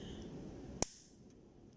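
A second plastic mounting-bracket piece for a CPU liquid cooler is fitted from the other side and pressed into the cooler mounting bracket until it snaps into place. A single sharp plastic snap rings out at 0.8 s over a low background hum, followed by a faint tick at 1.3 s. The piece is seated.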